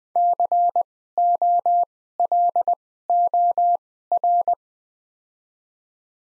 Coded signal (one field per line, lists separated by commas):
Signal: Morse code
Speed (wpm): 20 wpm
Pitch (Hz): 700 Hz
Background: none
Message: COLOR